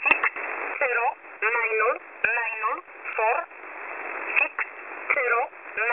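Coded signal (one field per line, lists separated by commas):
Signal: numbers station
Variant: E11a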